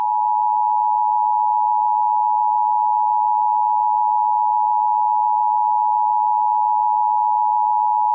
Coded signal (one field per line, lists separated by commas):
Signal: Emergency Alert System (SAME) tones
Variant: 853 and 960 Hz attention tone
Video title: Emergency Alert System (EAS) Required Monthly Test (RMT) North Texas WBAP-AM DFW Metroplex, Texas